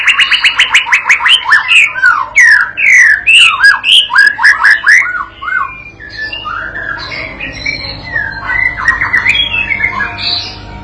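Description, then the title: White-rumped shama song: a fast rattling series of notes and loud repeated slurred phrases, followed by softer varied warbling and whistles. Master lure song used to train a young shama (murai batu paud) to sing gacor and prompt it to answer at once. "MURAI BATU PAUD BELAJAR GACOR, AJARI DENGAN MASTERAN PANCINGAN INI, PANCING LANGSUNG NYAUT"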